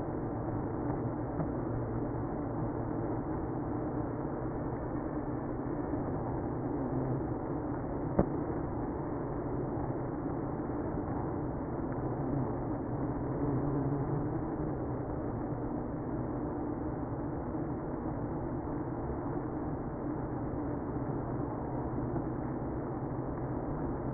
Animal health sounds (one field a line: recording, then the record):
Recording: honeybee colony, microphone inside the hive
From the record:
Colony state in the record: queenless (queen removed)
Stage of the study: after two queens were removed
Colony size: about 60,000 bees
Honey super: yes